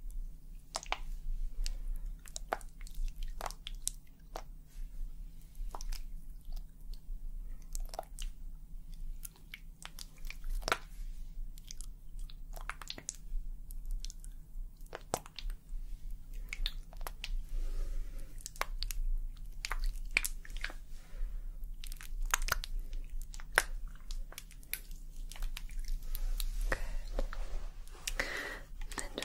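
Scalp massage and hair washing with foamy lather, heard as a dense stream of soft, wet squishing and crackling pops scattered irregularly across all thirty seconds. Beneath it runs a steady low hum, and the clicks grow busier and louder toward the end.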